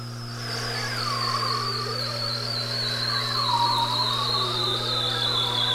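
Whale calls: long tonal moans sliding down and rising again, under a high wavering whistle held throughout, with a steady low hum beneath.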